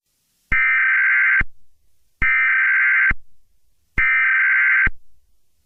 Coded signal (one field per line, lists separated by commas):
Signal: Emergency Alert System (SAME) tones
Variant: header bursts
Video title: (EAS ALERT) Ethanthebestboi Aka TehStonkifier They Nuked the Discord Servers & Don't Click Any Link